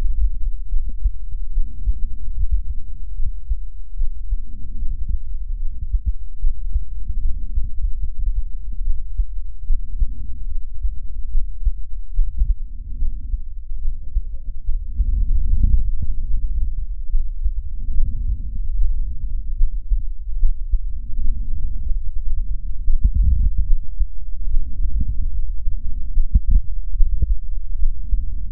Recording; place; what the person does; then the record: lung sounds by stethoscope; left anterior apical chest; quiet breathing, then deep breathing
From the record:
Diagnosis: asthma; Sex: female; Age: 56 years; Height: 161 cm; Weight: 85 kg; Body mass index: 32.8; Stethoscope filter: bell mode